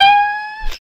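Cat meowing once, a single steady drawn-out tone lasting under a second that ends with a brief rougher burst, then silence.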